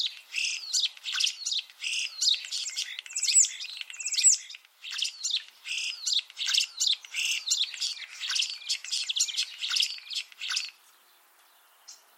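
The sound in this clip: Common starling song, a dense run of chattering, clicking and squeaky whistled phrases with rapid rattles, continuous for about ten seconds before stopping.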